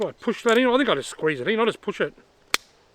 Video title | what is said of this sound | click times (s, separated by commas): Olight Perun 3 Headlamp | yeah that snaps into place | 2.5 s